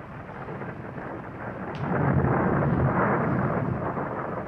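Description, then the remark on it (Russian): A low, rolling rumble of thunder swells up after a couple of seconds and lingers over a steady wash of rain-like noise, broad and loud with no voices. “Это что, гроза, да? Нет, это гроза.”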